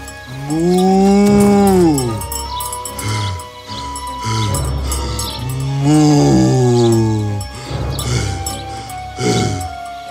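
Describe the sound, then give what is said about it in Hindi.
A water buffalo named Bounty, sitting down halfway through ploughing, gives a few long, deep lowing calls that swell and fall in pitch, broken up by loud, rasping breaths between them. “एक दिन जोतते वक्त बाउंटी आधे रास्ते में ही बैठ गया और भारी सांसें लेने लगा।”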